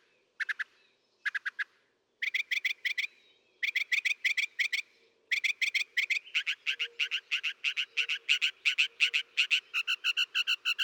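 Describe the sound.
Northern mockingbird song: long runs of rapid, harsh, buzzy notes repeated several times a second, switching to a finer, higher series near the end.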